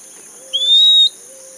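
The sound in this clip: Bird call: a single clear, high whistle held briefly at an even pitch with a slight rise at the start, over faint steady background tones.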